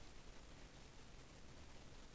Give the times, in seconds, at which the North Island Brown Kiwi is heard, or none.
none